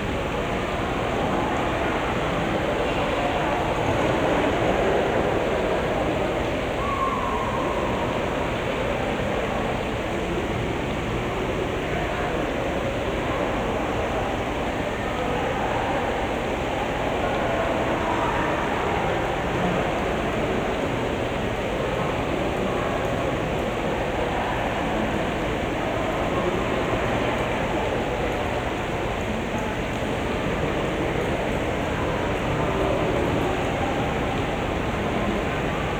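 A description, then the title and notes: A tall water fixture pours down constantly, a dense, steady roar of falling water that never lets up across the whole clip. The sound is full and hissing through the middle and lower range, with a faint low hum underneath and no distinct events. Rincon Center. Part of the cooling system as well as a fascinating feature for the eye, this “water column” is an interesting backdrop to the sounds of a busy restaurant catering to its Sunday brunch crowd. A water fixture perpetually rains from 85ft up.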